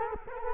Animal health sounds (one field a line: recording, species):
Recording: mosquito wingbeat signal from an infrared sensor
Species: Culex quinquefasciatus